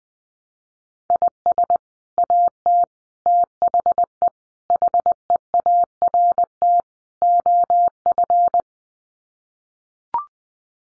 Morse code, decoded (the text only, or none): IS AT THE HEART OF